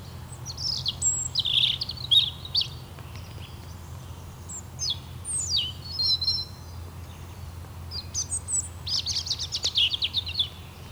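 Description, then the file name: European robin singing thin, high, varied warbling phrases with trills and slurred whistles, delivered in short bursts throughout over a low steady hum. "Erithacus rubecula"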